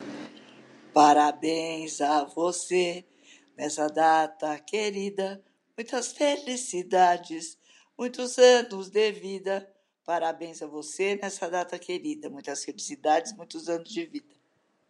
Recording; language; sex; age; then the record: short text; Brazilian Portuguese; female; 70 to 79 years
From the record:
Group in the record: control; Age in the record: 73 years